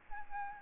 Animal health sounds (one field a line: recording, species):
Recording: mosquito wingbeat signal from an infrared sensor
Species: Aedes albopictus